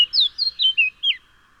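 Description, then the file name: Eurasian blackcap song: five clear, slightly descending fluted whistles in quick succession. "Sylvia atricapilla"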